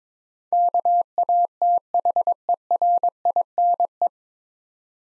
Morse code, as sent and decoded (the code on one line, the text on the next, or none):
-.- .- - .... . .-. .. -. .
KATHERINE